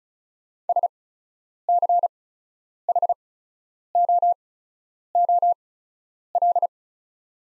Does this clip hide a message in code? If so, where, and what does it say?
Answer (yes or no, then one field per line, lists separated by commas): yes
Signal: Morse code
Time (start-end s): 0.7-6.7 s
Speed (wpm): 36 wpm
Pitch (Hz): 700 Hz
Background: none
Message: SCHOOL